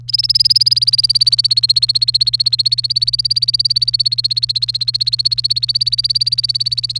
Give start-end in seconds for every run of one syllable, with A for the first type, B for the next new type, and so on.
0.08-6.99 A